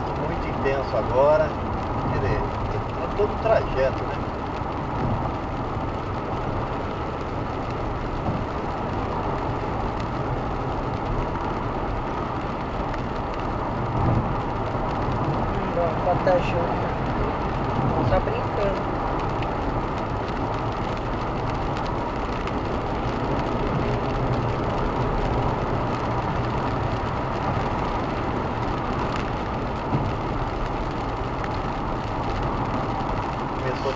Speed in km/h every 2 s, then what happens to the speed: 112, 114, 116, 122, 127, 127, 127, 128, 130, 130, 129, 132, 135, 130, 125, 123, 113.
0-8 speeds up to 127. 8-23 steady at about 128. 23-34 slows to 113.